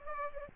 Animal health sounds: mosquito wingbeat signal from an infrared sensor; Culex pipiens

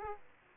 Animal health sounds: mosquito wingbeat signal from an infrared sensor; Aedes aegypti

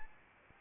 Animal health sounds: mosquito wingbeat signal from an infrared sensor; Anopheles arabiensis

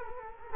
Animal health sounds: mosquito wingbeat signal from an infrared sensor; Culex quinquefasciatus

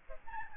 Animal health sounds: mosquito wingbeat signal from an infrared sensor; Aedes albopictus

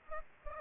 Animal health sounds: mosquito wingbeat signal from an infrared sensor; Aedes aegypti

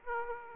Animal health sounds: mosquito wingbeat signal from an infrared sensor; Aedes aegypti

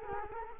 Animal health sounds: mosquito wingbeat signal from an infrared sensor; Culex quinquefasciatus

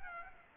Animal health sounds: mosquito wingbeat signal from an infrared sensor; Aedes aegypti

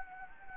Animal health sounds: mosquito wingbeat signal from an infrared sensor; Anopheles gambiae

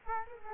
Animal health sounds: mosquito wingbeat signal from an infrared sensor; Culex quinquefasciatus

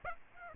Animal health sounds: mosquito wingbeat signal from an infrared sensor; Aedes aegypti

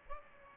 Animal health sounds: mosquito wingbeat signal from an infrared sensor; Aedes albopictus

